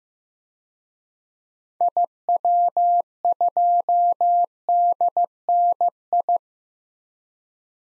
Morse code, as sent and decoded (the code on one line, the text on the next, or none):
.. .-- ..--- -.. -. ..
IW2DNI